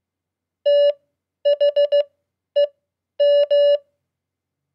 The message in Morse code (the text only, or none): THEM